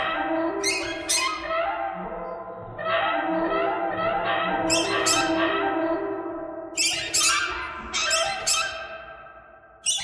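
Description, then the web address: Bird squawks, harsh and harmonic, in overlapping bursts with sharp high notes scattered through. "soundfactory birds birds thread buzz"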